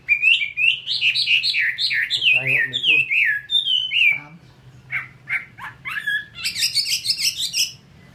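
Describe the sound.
Chinese hwamei singing a descending series of rich whistled notes, then short clipped notes and a fast, high trilled flourish at the end. A low hum is faintly present.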